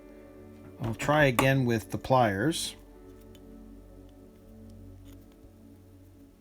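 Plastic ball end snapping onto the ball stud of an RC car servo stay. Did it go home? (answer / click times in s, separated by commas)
no / none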